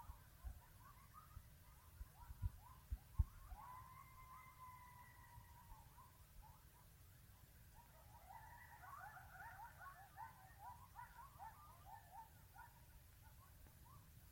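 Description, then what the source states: Animal calls: a busy chorus of short chirping notes with a few longer steady whistles, over low rumbling background noise and occasional taps. Recorded in the Yellowstone area at coordinates 44.31, -110.73.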